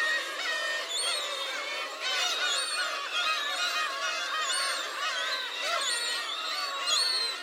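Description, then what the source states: Gulls calling from a large flock: a dense overlapping chorus of wailing, mewing and squealing cries, continuous throughout. Large group of gulls, Hachinohe, Japan.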